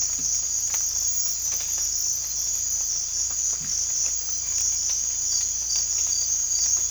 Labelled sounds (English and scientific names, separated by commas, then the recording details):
none
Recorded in dense forest near Puerto Asís, Putumayo, Colombia, on 18 December 2024 at 03:00
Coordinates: 0.481, -76.323
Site G100